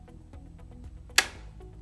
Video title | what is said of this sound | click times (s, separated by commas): Armalite Checking Your Disconnector | I'm gonna do now is let go of the trigger very slowly. You should hear a click, just like that. | 1.2 s